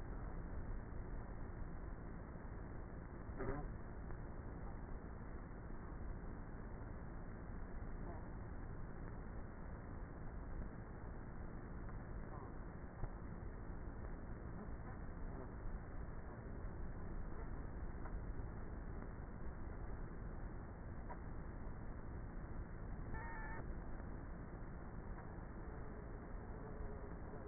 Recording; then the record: honeybee colony, microphone inside the hive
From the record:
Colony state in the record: queenless with a low population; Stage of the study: before two queens were removed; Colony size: about 30,000 bees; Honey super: no